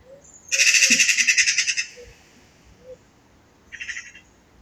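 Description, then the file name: Eurasian magpie giving a harsh, rapid rattling chatter lasting about a second, followed by a shorter chatter burst; faint whistles from other birds in the background. "Pica pica"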